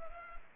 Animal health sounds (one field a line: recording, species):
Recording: mosquito wingbeat signal from an infrared sensor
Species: Culex pipiens